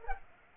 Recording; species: mosquito wingbeat signal from an infrared sensor; Culex pipiens